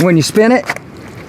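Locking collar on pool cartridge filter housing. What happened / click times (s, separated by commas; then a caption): The filter collar is being handled but has not yet locked into place / none. Someone talks while the locking collar on a Pentair Clean & Clear CC150 pool cartridge filter housing is handled, to be spun until its two locks engage the pins. After the talking, only a low steady background noise remains. The collar has not locked into place yet.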